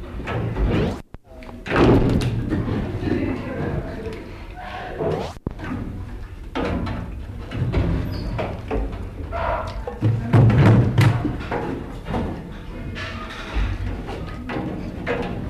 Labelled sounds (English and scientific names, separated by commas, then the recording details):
Mantled Guereza (Colobus guereza) call
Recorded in captivity
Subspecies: caudatus
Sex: group
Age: diverse
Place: Zoopark Erfurt, Thüringen, DE
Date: 1972-05-19 14:00
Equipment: Uher 4200 Report Stereo, Sennheiser-Mikrofon, Tesla-Verstärker
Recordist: Tembrock, Günter
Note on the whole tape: Als Colobus abyssinicus caudatus bezeichnet. Laute in der Gruppe (mit Jungtier)